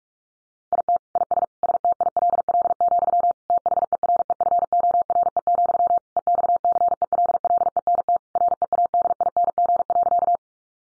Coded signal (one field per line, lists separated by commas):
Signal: Morse code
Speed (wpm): 44 wpm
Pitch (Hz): 700 Hz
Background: none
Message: IT IS STILL, THEREFORE, EXCELLENT READING.